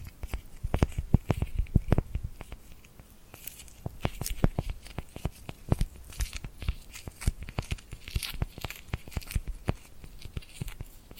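Sticky, glued hand sounds: dense clusters of sharp crackling snaps and peeling ticks, bright and irregular, repeating throughout. Pops come in quick bursts, heaviest near the start and again around four and nine seconds, with soft low thumps underneath.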